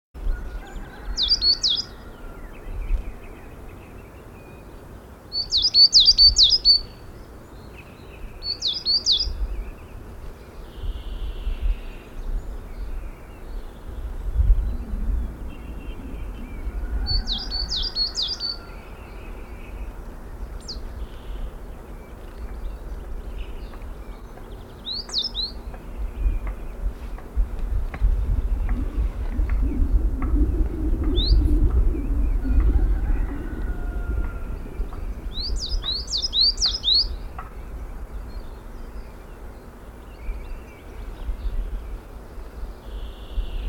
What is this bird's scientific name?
Periparus ater